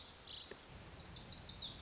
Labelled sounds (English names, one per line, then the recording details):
Lazuli Bunting
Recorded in Sonoma County, California